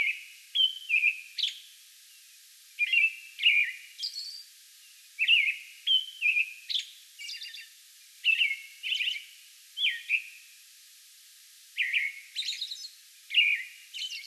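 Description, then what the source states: American robin song: repeated bouts of clear slurred whistles and high squeaky notes, separated by short pauses, over soft background hiss. Song bout on May 11.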